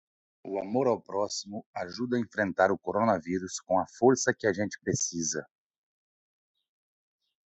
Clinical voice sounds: spoken sentence; Brazilian Portuguese; male; 40 to 49 years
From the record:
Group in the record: control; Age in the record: 45 years

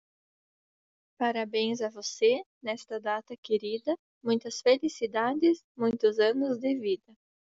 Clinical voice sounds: short text; Brazilian Portuguese; female; 20 to 29 years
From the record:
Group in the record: control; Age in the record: 27 years

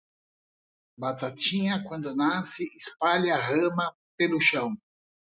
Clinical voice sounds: short text; Brazilian Portuguese; female; 50 to 59 years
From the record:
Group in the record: control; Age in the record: 51 years

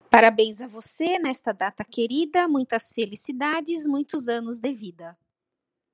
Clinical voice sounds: short text; Brazilian Portuguese; female; 50 to 59 years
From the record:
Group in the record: control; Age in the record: 50 years

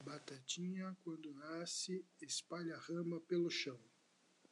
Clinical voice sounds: short text; Brazilian Portuguese; male; 40 to 49 years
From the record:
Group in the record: control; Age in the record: 46 years

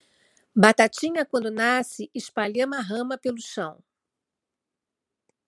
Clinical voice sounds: short text; Brazilian Portuguese; female; 60 to 69 years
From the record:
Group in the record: control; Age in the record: 60 years

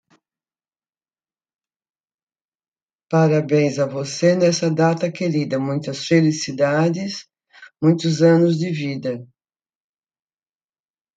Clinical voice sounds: short text; Brazilian Portuguese; female; 70 to 79 years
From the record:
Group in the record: control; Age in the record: 71 years

